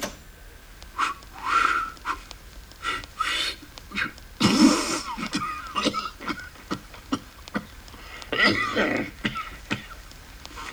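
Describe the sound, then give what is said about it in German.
Someone who cannot whistle whistles by sucking air in rather than blowing out, producing breathy, wheezing, airy tones in uneven bursts with scratchy pitch and short gasping pauses between phrases: a rhythmically and melodically damaged rendition of Wagner's Ride of the Valkyries. “Das sonderbare Geräusch, das Sie zu Anfang hören werden, entsteht, wenn ein Mensch, ohne es zu können, rückwärts pfeift, also die Luft einsaugt, statt sie auszustoßen.”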